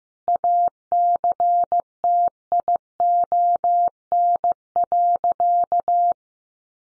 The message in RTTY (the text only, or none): none